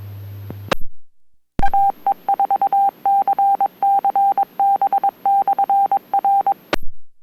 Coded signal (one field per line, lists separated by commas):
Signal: Morse code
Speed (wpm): 22 wpm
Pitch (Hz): 790 Hz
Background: none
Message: AE4CCB/R